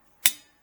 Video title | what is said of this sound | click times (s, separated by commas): Ford Escape, Oil & Filter, tire rotation, wiper change, complete Undercarriage view! | and then boom, you snap into place. | 0.3 s